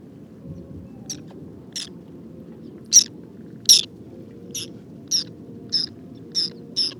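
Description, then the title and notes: Whiskered tern contact calls, short harsh rasping notes repeated at short intervals, a few louder ones, against quiet low hum. Wintering flock of two to three hundred birds picking insects from the water surface on a shallow lake with water lilies and lotus, Cambodia, 13 December 2018, 16:30; electric contact calls. "Observation sonore - Guifettes en hivernage - Cambodge. 13 décembre 2018-16h30. lac peu profond couvert de nénuphars et de lotus. Guifettes moustac (Chlidonias hybridus). Cris électriques de contact très caractéristiques"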